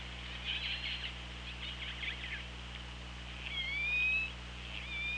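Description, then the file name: Orca underwater calls, a brief burst of pulsed sound early on followed by a long, smooth, slightly rising tonal call and a shorter one at the end, steady hum beneath. Recorded by OrcaLab hydrophone, underwater, on 24 August 2017 at 17:37:14. "Orca Lab UTLN JASON 20170824 173714"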